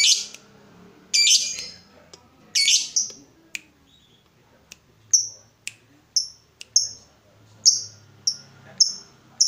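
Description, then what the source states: Yellow-vented bulbul starting with three harsh chattering bursts, then switching to a steady string of short, clear whistled notes. Used as a bird lure (pikat).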